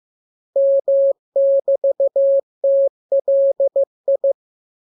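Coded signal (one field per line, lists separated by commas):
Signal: Morse code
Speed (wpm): 15 wpm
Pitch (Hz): 550 Hz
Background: none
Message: M<BT>TLI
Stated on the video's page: Morse lesson 17 radiogram practice, preceded by VVV and section sign, ending with AR.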